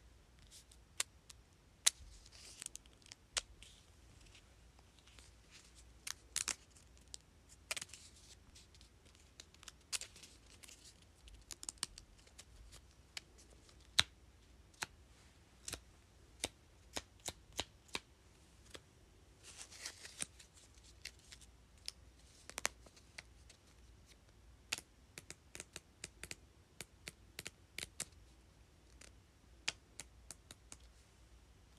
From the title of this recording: Flipping and tapping sticky notes